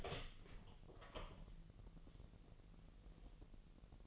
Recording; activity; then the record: daily activity, microphone in the room; open door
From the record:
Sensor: 4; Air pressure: 1002.0 hPa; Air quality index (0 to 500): 247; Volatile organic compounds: 40 ppm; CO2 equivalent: 3152 ppm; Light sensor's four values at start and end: 10/22/9/8 and 9/21/8/8